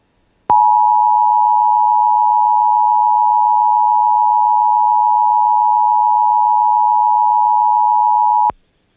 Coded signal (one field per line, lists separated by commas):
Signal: Emergency Alert System (SAME) tones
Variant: 853 and 960 Hz attention tone